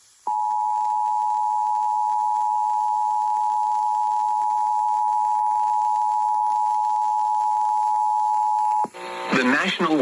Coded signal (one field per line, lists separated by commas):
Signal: Emergency Alert System (SAME) tones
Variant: 853 and 960 Hz attention tone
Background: speech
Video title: EAS #384 Severe Thunderstorm Warning